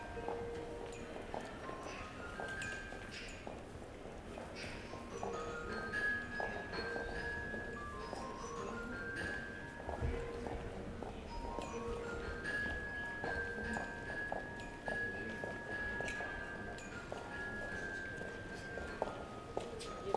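Bells ring throughout a walk through a space, their clear, sustained tones overlapping and sounding again every few seconds. A steady low rumble of surroundings sits underneath, with scattered small clicks and faint voices, and a thump near the middle.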